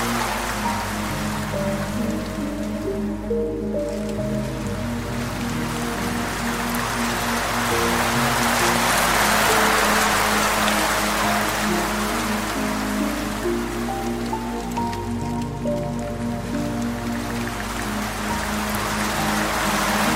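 Sustained piano chords ring over a steady rush of flowing water. The chords change every few seconds, low and mid notes overlapping, while the water's hiss swells slightly louder around the middle before settling back.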